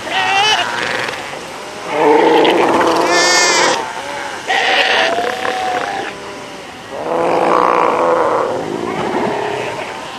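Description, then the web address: South American sea lion calls: rough, quavering harmonic cries lasting a second or two each. "earth naturelibrary assets s so south american sea lion"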